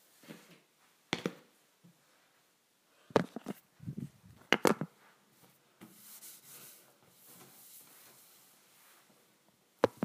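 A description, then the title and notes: Cleaning a counter with a wipe: sharp clacks and taps land at about 1, 3, 4.5 and 10 seconds, with low bumps and rubbing between them. From about 6 to 9 seconds a soft, steady hiss of wiping runs along the surface. ASMR Cleaning the Counter with a Wipe.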